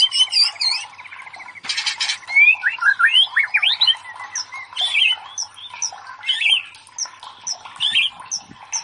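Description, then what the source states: White-rumped Shama song, varied and rich: rapid high slurred whistles, a dense buzzy burst, then sharp upswept notes and short chirps spread through the phrase. Masteran (training recording for cage birds) of murai batu, labaik style of song.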